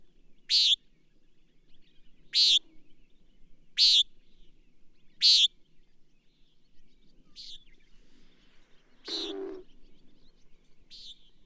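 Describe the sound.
Bird song: a steady run of short high buzzy chirps about every one and a half seconds, softer later, with one broad rustling noise in between.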